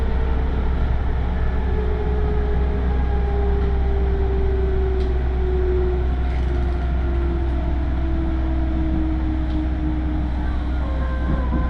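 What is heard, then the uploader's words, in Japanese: Aboard a Tokaido Line local train, a steady low rumble continues with a slowly falling motor whine and faint occasional clicks. 東海道本線各駅停車 豊橋→西岡崎。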